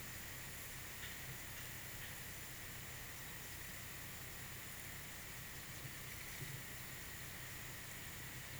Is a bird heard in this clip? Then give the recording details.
no. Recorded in pastures near Puerto Asís, Putumayo, Colombia, on 23 June 2025 at 13:30. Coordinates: 0.486, -76.323. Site H29